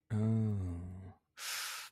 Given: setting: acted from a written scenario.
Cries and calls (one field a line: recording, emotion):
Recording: vocal sound without words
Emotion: confusion